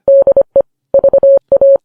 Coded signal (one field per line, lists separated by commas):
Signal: Morse code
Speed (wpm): 25 wpm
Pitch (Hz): 550 Hz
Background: none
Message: DE VA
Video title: Lviv: Another crushing blow—Episode 80 of the first English podcast on the Eastern Front of World Wa